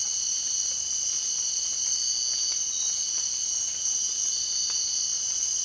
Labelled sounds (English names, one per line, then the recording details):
none
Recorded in dense forest near Puerto Asís, Putumayo, Colombia, on 24 March 2025 at 03:00
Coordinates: 0.499, -76.324
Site GP03